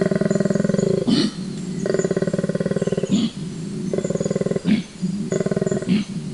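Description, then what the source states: Koala bellowing in a rhythmic series, buzzy pulsed low drones separated by sharp hissing gasps every second or two. Recorded at night by a forest acoustic recorder in 12-hour recordings scanned by computer; distinctive loud low-frequency call of grunts and snort-like inhalations, said to sound like a lion roaring.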